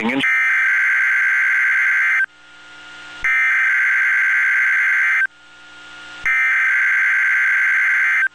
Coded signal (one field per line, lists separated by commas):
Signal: Emergency Alert System (SAME) tones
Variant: header bursts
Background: speech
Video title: TOA (EAS #214)